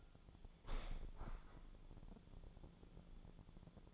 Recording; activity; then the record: daily activity, microphone in the room; open window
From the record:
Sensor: 5